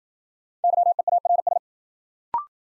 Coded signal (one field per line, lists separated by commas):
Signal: Morse code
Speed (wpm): 53 wpm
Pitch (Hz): 700 Hz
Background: none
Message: YEARS